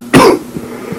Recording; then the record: coughing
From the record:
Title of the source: Coughing 77